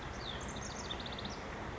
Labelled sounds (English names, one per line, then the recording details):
House Wren
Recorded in Sonoma County, California